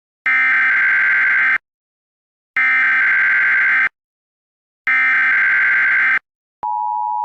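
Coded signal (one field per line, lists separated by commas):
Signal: Emergency Alert System (SAME) tones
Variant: header bursts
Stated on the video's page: Fictional parody EAS scenario, not a real alert.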